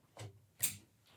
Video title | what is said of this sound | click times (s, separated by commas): icListen Quick Start Guide Walkthrough | you'll hear a click to indicate it's fully inserted into the ethernet port | 0.6 s